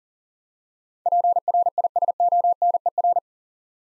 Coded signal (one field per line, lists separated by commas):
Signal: Morse code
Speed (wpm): 40 wpm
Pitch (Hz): 700 Hz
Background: none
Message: PRISONER